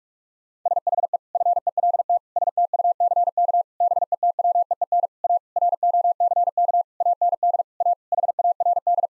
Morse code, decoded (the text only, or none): SHE FELT STUCK BETWEEN A ROCK AND A HARD